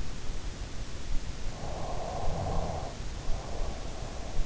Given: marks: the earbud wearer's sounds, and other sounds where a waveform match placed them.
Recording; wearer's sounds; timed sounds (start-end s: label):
sounds in sleep by an in-ear microphone; snoring breath
1.26-4.32 s: snoring breath